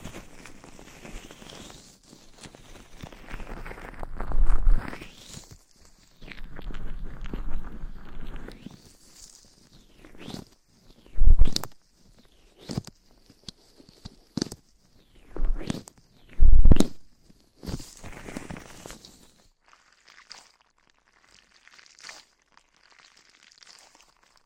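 Mic scratching and brushing, with soft rustling strokes and irregular bursts of scraping across the first twenty seconds. Several sharp, louder thumps stand out near 11, 14 and 16 seconds, and the last few seconds fade to faint, sparse brushing against near silence.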